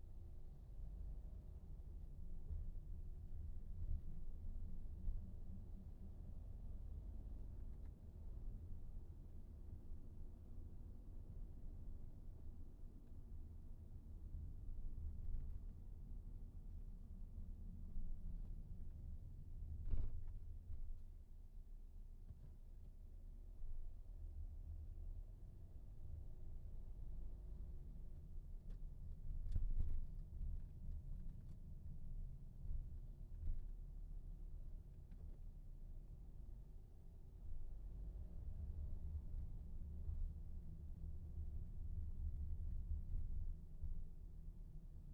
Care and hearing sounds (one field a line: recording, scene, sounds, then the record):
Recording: everyday scene through a hearing-aid microphone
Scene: in a vehicle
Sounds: engine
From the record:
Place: VW T5 Caravelle, diesel engine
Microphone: behind the ear, right, rear